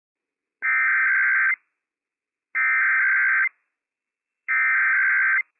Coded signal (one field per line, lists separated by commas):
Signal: Emergency Alert System (SAME) tones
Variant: header bursts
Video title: Washington State EOC RWT - WWF56 - EAS #154 - 11:00 AM PDT 8/10/21